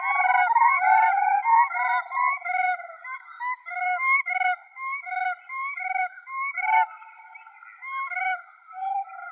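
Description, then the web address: Siberian crane calls: a rapid stream of overlapping musical, yodelling notes. "Schulze Peter Siberian Crane"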